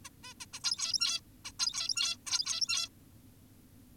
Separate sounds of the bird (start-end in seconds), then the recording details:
0.05-0.10, 0.23-0.34, 0.41-0.46, 0.54-0.60, 0.64-1.21, 1.45-1.52, 1.59-2.17, 2.27-2.89. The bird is an adult. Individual g17y2U